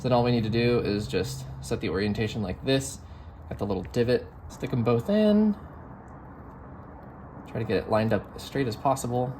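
Someone talks while two crimped terminal pins for a wiring connector housing on a Lexus LS430 are oriented by their little divot, held at the housing and lined up as straight as possible before being pushed home. Nothing has seated or clicked yet.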